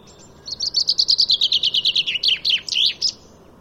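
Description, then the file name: Common chaffinch song: a fast run of sharp repeated notes, then a jumbled descending rattle and a brief high flourish at the end. "Fringilla coelebs"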